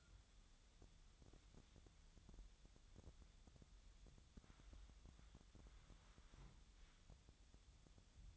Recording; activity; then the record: daily activity, microphone in the room; wipe stove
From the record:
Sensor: 3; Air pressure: 1004.8 hPa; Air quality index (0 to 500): 77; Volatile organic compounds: 2 ppm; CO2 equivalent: 1162 ppm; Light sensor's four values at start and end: 8/19/7/7 and 8/19/7/7